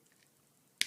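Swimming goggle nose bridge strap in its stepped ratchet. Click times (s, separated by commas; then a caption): 0.8 s. The other side of a plastic swimming goggle nose bridge is adjusted along its notched, stepped ratchet track. After a near-silent stretch with a few faint ticks, a sharp, bright click sounds at 0.8 s as the bridge seats into a notch, leaving a smaller nose setting.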